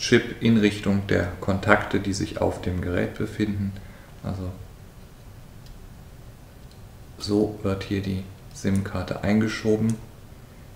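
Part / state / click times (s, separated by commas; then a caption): SIM card into smartphone SIM slot / not seated / none. A SIM card is lined up at a Samsung Galaxy S3 LTE smartphone's SIM slot, with its cut corner down and its chip facing the phone's contacts, before being pushed in. Someone talks, then there is a quieter stretch with faint handling noise, and the talking resumes. Nothing has seated or clicked yet.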